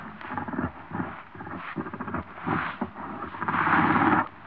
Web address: BBC Sound Effects Library. Africa. Wart Hogs, Close Up Growls, Snarl